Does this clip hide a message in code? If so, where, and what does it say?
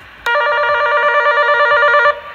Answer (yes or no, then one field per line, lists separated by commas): no